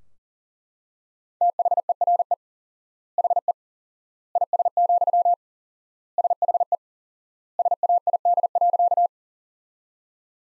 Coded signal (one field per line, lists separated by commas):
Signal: Morse code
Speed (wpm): 40 wpm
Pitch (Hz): 700 Hz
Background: none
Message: THERE HE IS, SHE SAID.